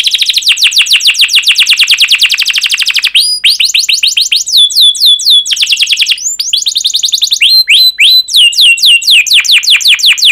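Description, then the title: Canary song: a dense rapid trill followed by varied phrases of sharp rising whistles and fast repeated notes, continuing without a break. Fast, dense chirping canary song used as a lure to teach young canaries to sing. "Kenari Gacor Speed RAPAT Cuit Cuit Ngero L Suara Bagus Untuk Pancingan Kenari Paud Belajar Bunyi"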